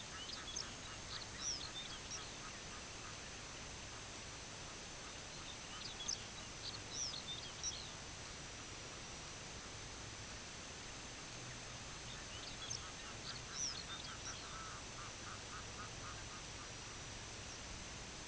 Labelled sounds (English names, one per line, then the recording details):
Lapland Longspur
Red-throated Loon
Semipalmated Sandpiper
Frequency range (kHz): Lapland Longspur 2.3-7.3 kHz; Semipalmated Sandpiper 1.6-3.5 kHz
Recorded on Arctic tundra, site IGLO-D, on 17 June 2018
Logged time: 00:00